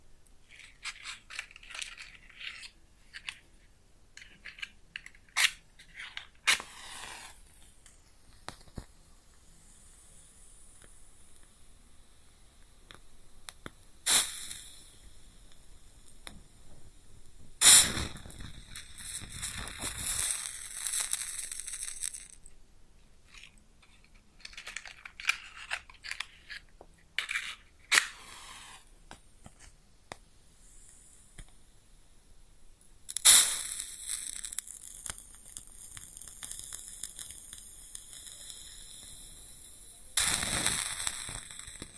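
Matches are struck and flare up, then crackle and sizzle as they burn and are put out. Sharp scratchy hissing bursts come every few seconds, near 6, 14, 18, 28, 33 and 41 seconds. Between them, quiet snapping and faint crackles continue.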